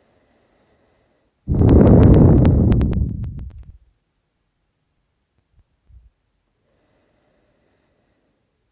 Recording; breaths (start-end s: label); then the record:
nose breathing near a microphone
0.00-1.23 s: inhalation
1.23-3.22 s: exhalation
6.31-8.52 s: inhalation
From the record:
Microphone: phone